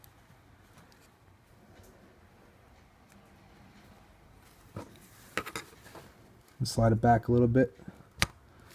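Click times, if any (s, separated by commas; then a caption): 8.2 s. A remote-controlled, color-changing deAutoKey LED footwell light insert is slid back a little inside its plastic footwell light housing while someone talks, with a few faint handling taps along the way. A single sharp click at 8.2 s marks the insert locking into place in the housing.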